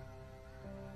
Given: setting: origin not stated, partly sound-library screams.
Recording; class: one-second piece from a danger detection set; normal situation